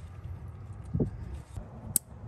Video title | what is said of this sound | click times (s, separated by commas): Toyota Lexus 2UZ-FE Starter Replacement (With the Secondary Air Injection System 2005-2011) (Part 2) | There it is. I felt it snap and I heard it snap. | 2.0 s